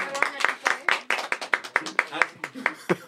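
Applause from a small group: a quick, steady run of sharp, bright claps, roughly four or five per second, continuing for about three seconds at an even, moderate loudness.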